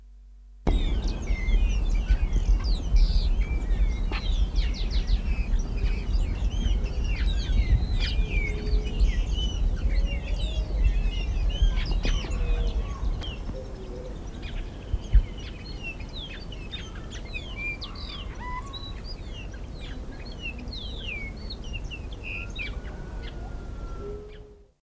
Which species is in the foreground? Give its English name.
Greyish Baywing